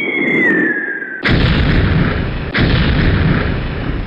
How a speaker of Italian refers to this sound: Era solo un petardo che un ammiratore del presidente ha lanciato in un impeto di gioia.